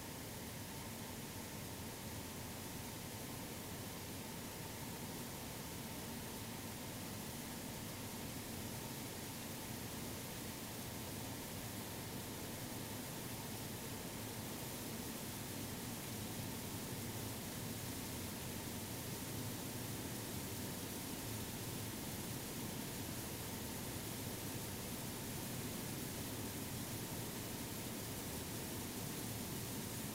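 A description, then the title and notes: CHEOPS, ESA's exoplanet satellite, undergoes testing in the Large European Acoustic Facility, heard as a dense, unbroken roar of noise across low and high pitches. The level holds steady throughout, with a faint constant tone near the middle and a slight low rumble beneath. ESA ESTEC Test Centre Sounds: CHEOPS space telescope acoustic testing (Mic 1). The majority of ESA spacecraft and satellites are tested at the ESA ESTEC Test Centre in Noordwijk, the Netherlands.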